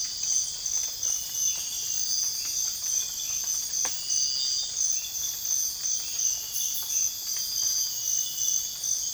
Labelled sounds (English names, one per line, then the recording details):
none
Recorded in dense forest near Puerto Asís, Putumayo, Colombia, on 21 December 2024 at 04:30
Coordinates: 0.484, -76.325
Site G056